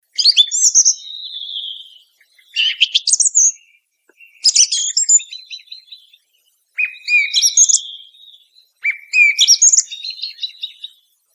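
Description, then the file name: Thrush song: five varied phrases of whistles and high trills, each about one to two seconds long, separated by brief pauses, with no other sounds. "Tordo"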